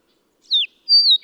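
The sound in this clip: Bird singing two clear whistled notes, the first sliding downward, the second long and level before falling, then the start of a third note, in quiet surroundings.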